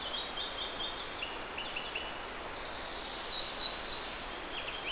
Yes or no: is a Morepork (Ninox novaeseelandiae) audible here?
no